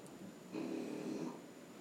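A single rough, fluttering snore lasts about three-quarters of a second, rising from faint room noise before fading again. Ordinary snoring from a sleeping dog named Max: soft tissue in the upper airway vibrating on the in-breath.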